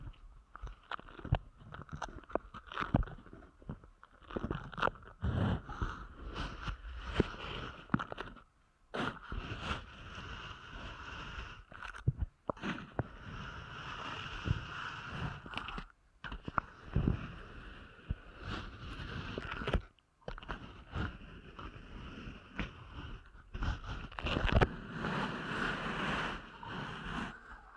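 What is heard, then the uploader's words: Rubbing and scratching against a microphone, as in a deep ear canal massage, with dense crackly friction that shifts and surges. Brief silences drop in near 9, 12, 16 and 20 seconds, and sharp crunchy taps punctuate the steady rustling throughout. ASMR Deep Ear Canal Massage for Sleep (No Talking).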